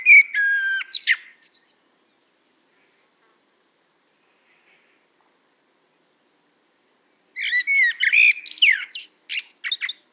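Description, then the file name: Common blackbird song: a phrase of fluty notes and high squeaky twitter, a long silent gap, then another busy warbling phrase. "Turdus merula"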